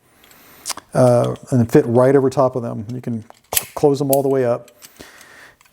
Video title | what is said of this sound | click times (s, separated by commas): Best Knipex Pliers with Jaw Protectors | but it's pretty novel idea but now you'll notice these click right into place on these pliers | 0.7 s